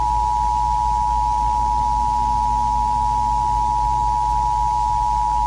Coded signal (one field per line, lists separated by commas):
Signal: Emergency Alert System (SAME) tones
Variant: 853 and 960 Hz attention tone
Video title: EAS Scenario: The Liberty Virus (4TH OF JULY ANALOG HORROR)